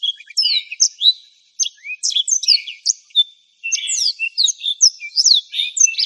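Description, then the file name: Black-throated canary singing a fast, jumbled warble of high slurred notes and buzzy trills, with two brief breaks between phrases. "suara burung blackthroat"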